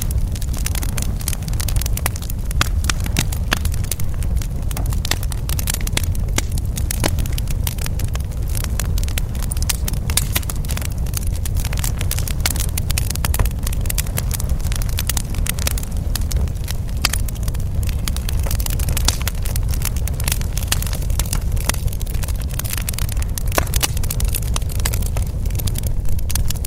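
A campfire burns steadily, its low rumbling roar filling the bottom of the sound. Sharp, bright pops and crackles snap through constantly and irregularly, some louder than others, with an even, unchanging level throughout and no other sounds around.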